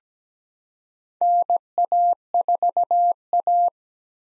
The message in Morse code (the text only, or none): NA4A